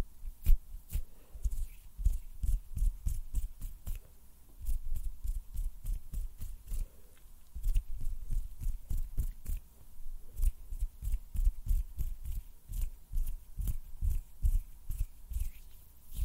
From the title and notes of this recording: ASMR HAND SOUNDS AND SNAPPING - NO TALKING.